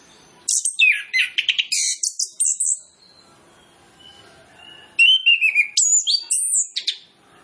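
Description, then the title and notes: Orange-headed Thrush song in two loud, rapid bursts of mixed whistles, trills and descending slurs, separated by a quiet two-second pause. Training lure recording of song with full mimicry fill-in phrases, played to prompt Orange-headed Thrushes to sing quickly and freely. "Masteran Anis Kembang Full Isian Untuk Suara Pancingan Anis Kembang Agar Cepat Ngeplong. Suara Burung Anis Kembang"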